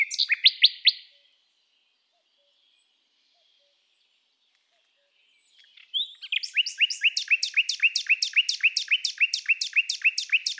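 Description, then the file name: Common nightingale song: a brief burst of sharp repeated notes, several seconds of near silence, then a long rapid series of loud chirps repeated about four times a second. "Luscinia megarhynchos"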